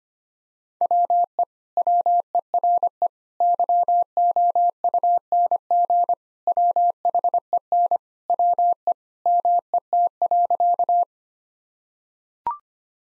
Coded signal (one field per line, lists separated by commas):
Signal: Morse code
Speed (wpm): 25 wpm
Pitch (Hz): 700 Hz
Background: none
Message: WE WERE YOUNG WHEN WE MET.